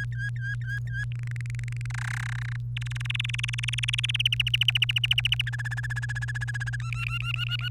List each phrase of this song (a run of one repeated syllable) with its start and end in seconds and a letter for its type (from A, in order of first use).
0.00-1.04 A, 1.12-1.86 B, 1.90-2.56 C, 2.77-4.22 D, 4.25-5.42 E, 5.46-6.76 F, 6.80-7.68 G